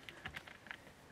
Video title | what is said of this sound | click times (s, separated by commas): Dyson Ball Animal 2 - DEEP CLEAN - Restore Suction - Troubleshooting | and that's how you know it's it's on there it's locked it's not going to come off so make sure you hear that | 0.7 s